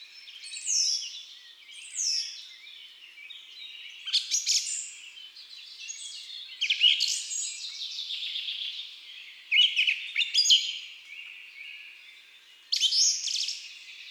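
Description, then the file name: Song thrush song of short, distinct phrases separated by brief pauses, with descending whistles and rattling notes. Woodland and forest birds. "Grive musicienne Chants doiseaux des bois et des forets"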